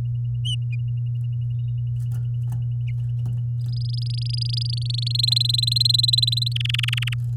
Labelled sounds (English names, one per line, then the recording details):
Domestic Canary song
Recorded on 9 May 2018 at 06:52
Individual llb16